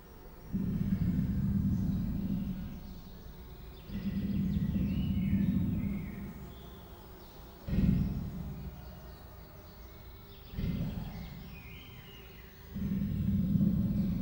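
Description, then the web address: Persian leopard giving five low, hoarse rasps a few seconds apart, some long and some short. Two captive female Persian leopards at a zoo in Miskolc, Hungary, recorded in 2018. "perzsa leopard amikrofonesanostenykettose holgyekerkeznek miskolczoo"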